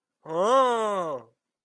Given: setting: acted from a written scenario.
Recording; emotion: vocal sound without words; positive surprise